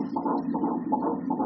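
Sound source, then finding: Fetus by Doppler ultrasound (audio drama). Fetal heartbeat on Doppler.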